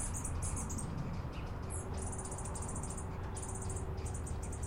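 Costa's Hummingbird giving very high, thin buzzy notes in quick runs, with a constant low background rumble.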